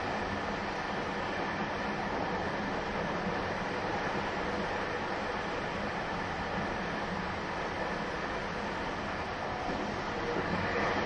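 A train runs steadily along the track, its dense rumbling roar holding at an even level throughout. A low hum sits beneath a rough, rattling wash of noise, with faint rhythmic clatter from the wheels and no clear pauses or separate events.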